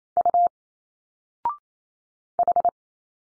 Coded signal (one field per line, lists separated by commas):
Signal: Morse code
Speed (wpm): 27 wpm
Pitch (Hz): 700 Hz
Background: none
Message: U H